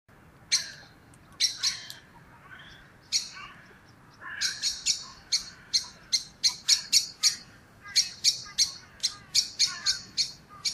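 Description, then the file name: Common blackbird calls with sharp, clicking chink notes, first in scattered pairs, then in a steady, rapid repeated series, over faint background hiss. "Turdus merula"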